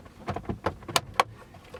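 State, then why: Seated. A plastic dash trim panel on a 2005–2010 Honda Odyssey is pushed back into the dashboard after an aux wire is routed behind it. Softer rustling and handling taps lead into two sharp clicks at 0.96 s and 1.2 s as the clips snap home and the panel is seated.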